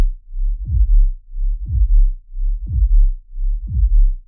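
A regular heartbeat at about 59 beats per minute, each beat a low, thudding pulse.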